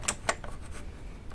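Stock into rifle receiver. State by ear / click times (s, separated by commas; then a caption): seated / 0.1 s, 0.3 s. A rifle stock is clipped into place on the receiver during reassembly, at the top and at the bottom. Two sharp clicks ring out at 0.1 s and 0.3 s, then fainter handling ticks follow, and the stock is seated.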